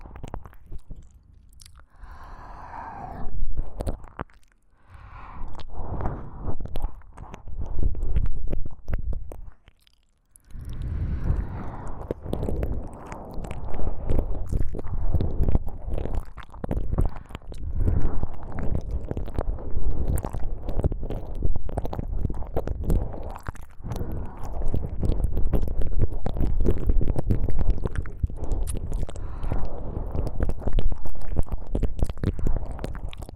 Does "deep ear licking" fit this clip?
yes